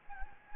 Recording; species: mosquito wingbeat signal from an infrared sensor; Anopheles gambiae